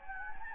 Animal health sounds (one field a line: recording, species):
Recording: mosquito wingbeat signal from an infrared sensor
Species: Anopheles gambiae